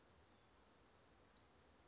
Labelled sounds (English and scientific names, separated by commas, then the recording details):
Western Flycatcher (Empidonax difficilis)
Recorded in Sonoma County, California